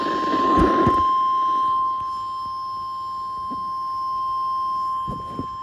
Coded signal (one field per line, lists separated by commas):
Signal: Emergency Alert System (SAME) tones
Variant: 1050 Hz attention tone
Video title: EAS Alerts from August 26-30, 2024 [EAS #1,878-1,885]